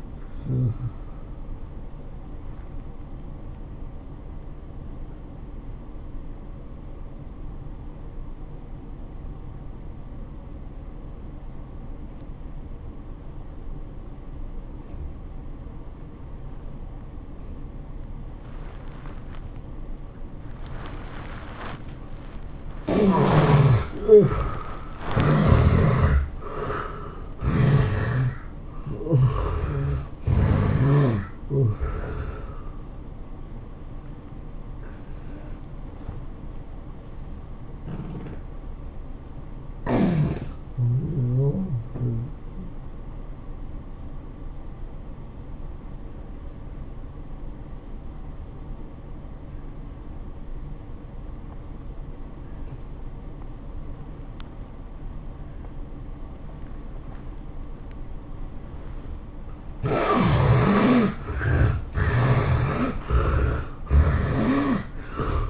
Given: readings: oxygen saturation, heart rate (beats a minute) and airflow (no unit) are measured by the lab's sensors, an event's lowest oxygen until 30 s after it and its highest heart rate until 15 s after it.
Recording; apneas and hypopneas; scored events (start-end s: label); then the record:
breathing in sleep by a smartphone at the bedside; 2
3.00-23.20 s: obstructive apnea (N1, oxygen 90% highest, then 74% lowest, heart rate 93 at the start, 108 highest)
33.00-63.00 s: new sleep stage, awake
34.00-59.80 s: hypopnea (scored as awake, oxygen 96% highest, then 74% lowest, heart rate 107 at the start, 107 highest)
34.00-65.50 s: awake
63.00-65.50 s: new sleep stage, N1 (lightest sleep)
From the record:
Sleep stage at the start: N1 (lightest sleep); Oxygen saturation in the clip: 73 to 96%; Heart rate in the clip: 80 to 108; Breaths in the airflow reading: 8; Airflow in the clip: -15.8 to 11.8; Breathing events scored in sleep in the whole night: 403 in 5.5 hours asleep